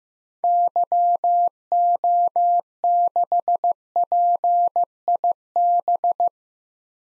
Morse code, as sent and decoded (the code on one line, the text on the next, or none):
-.-- --- -.... .--. .. -...
YO6PIB